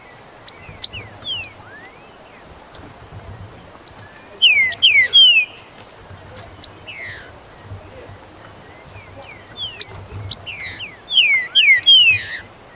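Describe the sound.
Green-winged saltator singing paired downslurred whistles in bursts near four to five and eleven to twelve seconds, with scattered high clicks and faint low rumble.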